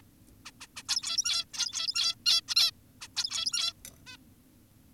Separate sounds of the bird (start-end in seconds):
0.46-0.51, 0.61-0.67, 0.76-0.83, 0.88-1.45, 1.54-2.15, 2.26-2.41, 2.48-2.55, 2.56-2.71, 3.01-3.08, 3.16-3.73, 4.07-4.17